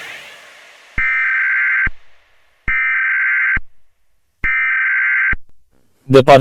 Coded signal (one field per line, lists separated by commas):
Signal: Emergency Alert System (SAME) tones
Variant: header bursts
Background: speech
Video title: 🚨ALL EAS ALARMS OF EUROPE COMPILATION🚨